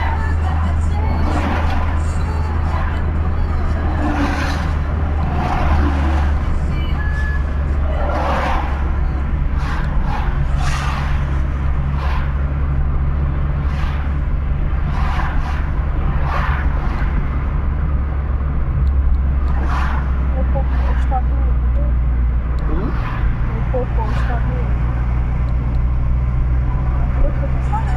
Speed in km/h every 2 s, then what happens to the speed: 72, 71, 67, 65, 63, 61, 62, 63, 63, 61, 56, 51, 52, 55.
0-9 slows to 61. 9-16 steady at about 62. 16-21 slows to 51.